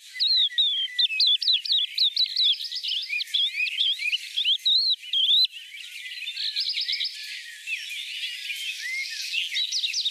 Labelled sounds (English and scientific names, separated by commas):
Crested Lark (Galerida cristata) song